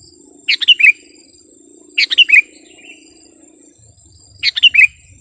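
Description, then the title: Sooty-headed bulbul song: three short bubbly phrases of quick tumbling notes, over a steady high whine and a faint low hum. "kutilang"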